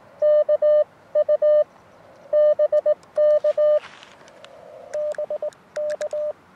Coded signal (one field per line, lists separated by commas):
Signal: Morse code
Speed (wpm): 19 wpm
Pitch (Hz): 600 Hz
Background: none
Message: KU BK BK